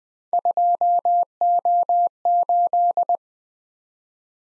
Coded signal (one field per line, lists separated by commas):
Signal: Morse code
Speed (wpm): 20 wpm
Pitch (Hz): 700 Hz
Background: none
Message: 2O8